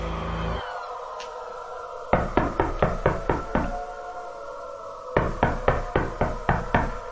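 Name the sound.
knocking on a door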